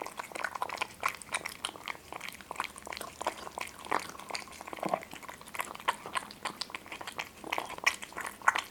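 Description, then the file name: Cat munching food, crisp crunchy bites and clicks coming several per second in an uneven rhythm, occasional louder bites. Two cats, named Boris and Ivo, eating. "Boris and Ivo two Cats are eating"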